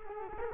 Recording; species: mosquito wingbeat signal from an infrared sensor; Culex quinquefasciatus